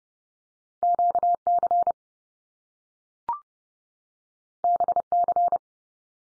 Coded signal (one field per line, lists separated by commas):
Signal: Morse code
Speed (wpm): 30 wpm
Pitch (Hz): 700 Hz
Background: none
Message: QC BC